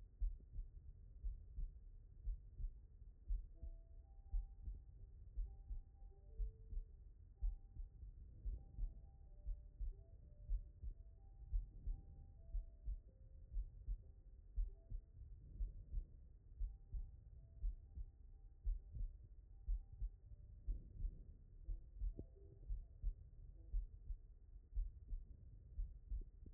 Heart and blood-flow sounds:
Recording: heart sounds by stethoscope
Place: pulmonary valve (PV)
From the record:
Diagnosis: non-HFrEF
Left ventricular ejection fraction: 55%

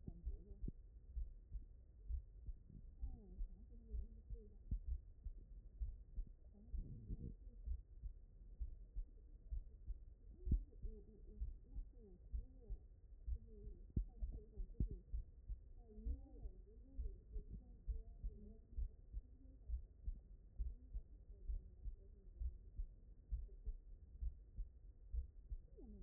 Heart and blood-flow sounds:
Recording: heart sounds by stethoscope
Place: mitral valve (MV)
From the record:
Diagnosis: non-HFrEF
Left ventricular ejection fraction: 65%

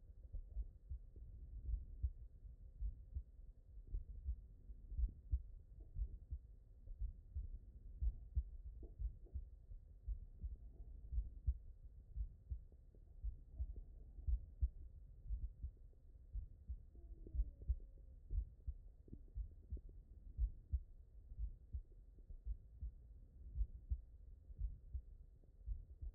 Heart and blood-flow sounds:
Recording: heart sounds by stethoscope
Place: mitral valve (MV)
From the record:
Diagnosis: non-HFrEF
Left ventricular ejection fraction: 70%

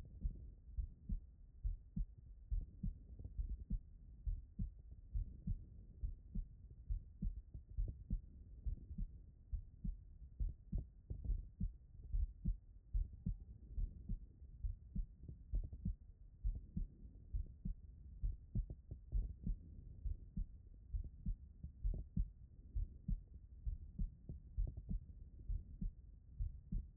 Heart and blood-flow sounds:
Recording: heart sounds by stethoscope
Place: pulmonary valve (PV)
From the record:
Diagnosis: non-HFrEF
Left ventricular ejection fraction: 63%

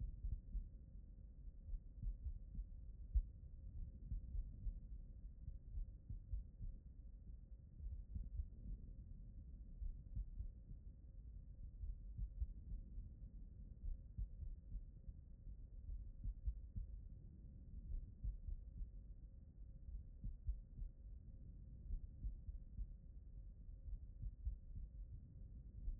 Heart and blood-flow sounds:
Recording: heart sounds by stethoscope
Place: aortic valve (AV)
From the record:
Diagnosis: non-HFrEF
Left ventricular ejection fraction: 69%

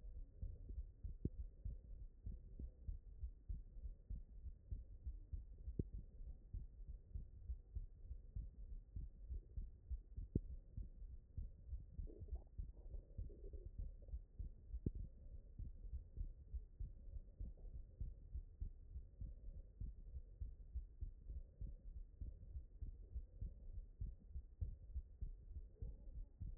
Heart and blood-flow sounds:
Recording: heart sounds by stethoscope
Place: tricuspid valve (TV)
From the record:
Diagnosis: HFrEF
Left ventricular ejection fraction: 17%

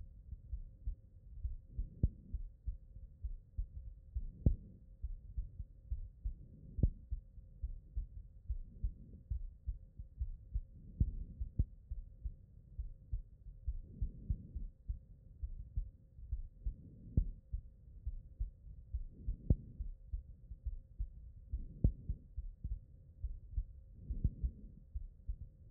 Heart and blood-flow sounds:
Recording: heart sounds by stethoscope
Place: pulmonary valve (PV)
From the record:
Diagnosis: non-HFrEF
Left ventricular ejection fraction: 52%

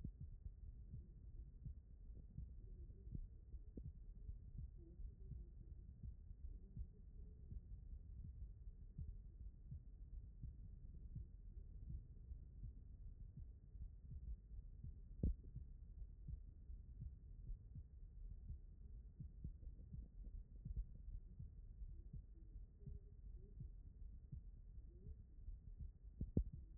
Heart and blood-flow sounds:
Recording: heart sounds by stethoscope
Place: aortic valve (AV)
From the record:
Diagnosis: non-HFrEF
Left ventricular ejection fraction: 58%

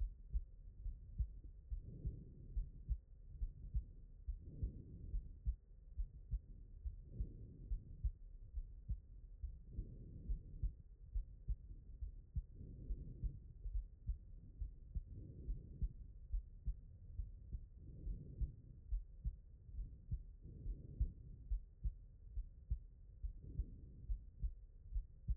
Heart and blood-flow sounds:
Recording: heart sounds by stethoscope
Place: aortic valve (AV)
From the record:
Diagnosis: non-HFrEF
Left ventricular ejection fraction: 61%

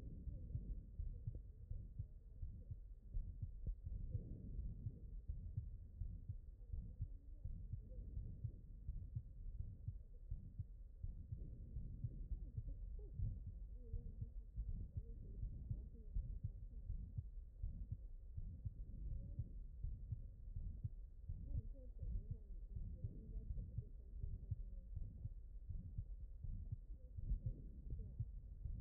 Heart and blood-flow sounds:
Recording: heart sounds by stethoscope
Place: aortic valve (AV)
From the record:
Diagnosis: non-HFrEF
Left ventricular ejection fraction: 59%

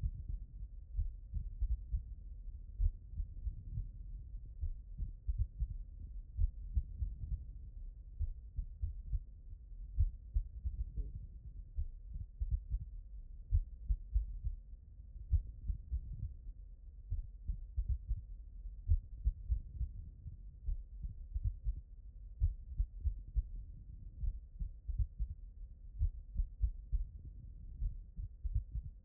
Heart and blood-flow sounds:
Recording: heart sounds by stethoscope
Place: pulmonary valve (PV)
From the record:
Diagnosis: non-HFrEF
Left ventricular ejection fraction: 45%

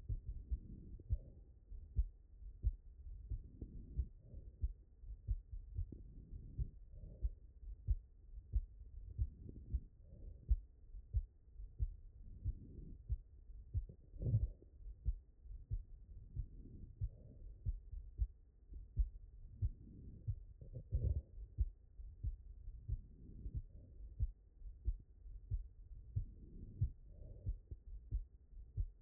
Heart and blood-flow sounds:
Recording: heart sounds by stethoscope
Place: pulmonary valve (PV)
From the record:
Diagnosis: HFrEF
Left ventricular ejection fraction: 17%

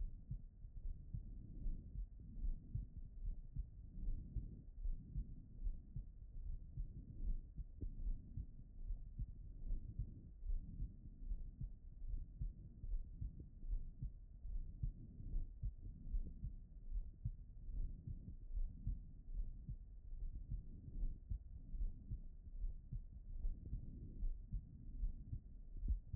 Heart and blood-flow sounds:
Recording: heart sounds by stethoscope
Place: pulmonary valve (PV)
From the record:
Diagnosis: non-HFrEF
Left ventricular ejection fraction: 65%

